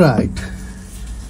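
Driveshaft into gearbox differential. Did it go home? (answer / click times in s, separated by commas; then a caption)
yes / 0.4 s. During a clutch replacement on a Peugeot 107, a driveshaft is pushed into the gearbox differential until its retaining ring snaps home with a single click at 0.4 s. Someone talks at the start. The click confirms the driveshaft is seated in the gearbox.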